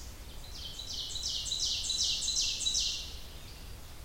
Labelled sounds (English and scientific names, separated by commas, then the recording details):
Ovenbird (Seiurus aurocapilla) song
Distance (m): 30 m
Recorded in boreal forest in Alberta, Canada, on 30 June 2016 at 08:33
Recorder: SongMeter 3, array SBT-6-79
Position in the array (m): 166 m, 41 m
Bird 43